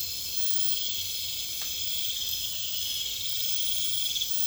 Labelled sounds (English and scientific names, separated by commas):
none